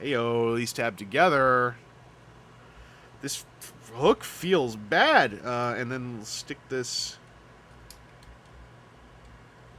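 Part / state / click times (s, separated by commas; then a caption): plastic part into action figure body / seated / 7.9 s. Someone talks while pushing a plastic part of a Transformers action figure into its socket or hook point on the figure's body. A sharp, short click sounds at 7.9 s as the part snaps in and seats in place.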